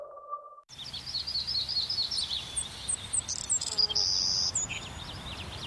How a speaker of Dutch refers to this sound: Blijf genieten van het gefluit van vogels.